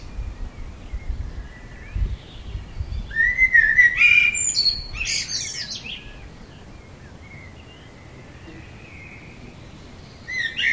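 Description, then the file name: Common blackbird song: one phrase of low fluted whistles and high scratchy twitters, with low rumbling noise early on, followed by quiet background with faint bird notes. "Turdus merula"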